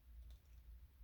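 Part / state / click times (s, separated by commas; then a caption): plastic tail fin into a scale model car body / not seated / none. A plastic tail fin is pushed onto the body of an ECTO-1 scale model car, where it should snap into place but fails to. Only a steady low hum and faint, soft scuffing are heard, with no sharp sound. Nothing has snapped into place yet.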